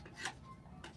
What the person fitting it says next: Once you hear the click, you're good to go.